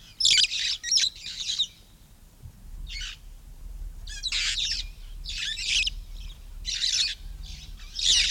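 Red-fronted parrot harsh squawks in short, noisy bursts, clustered early then spaced out, with quieter gaps between them.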